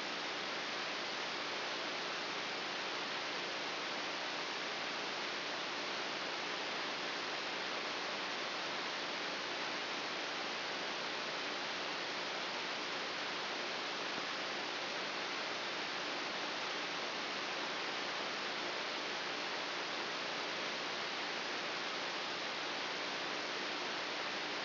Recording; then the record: brain microelectrode recording played as sound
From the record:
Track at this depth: inside the subthalamic nucleus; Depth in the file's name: 2.404 mm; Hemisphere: right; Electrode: 3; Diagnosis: Parkinson's disease